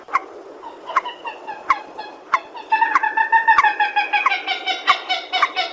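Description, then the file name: Purple swamphen calling: spaced nasal notes at first, then a faster run of honking, cackling calls, with occasional sharp clicks. "tieng trich re keu"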